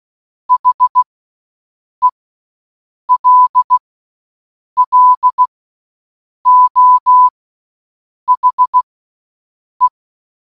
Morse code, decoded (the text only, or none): HELLO HE